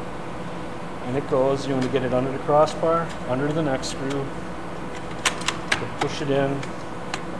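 A plastic glazing track for a skylight frame is hooked under the crossbar screw and pushed in while someone talks. A few short, sharp ticks of handling sound out near the end over a steady low hum. Nothing has seated or clicked yet.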